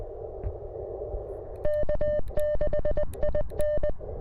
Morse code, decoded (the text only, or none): K6IN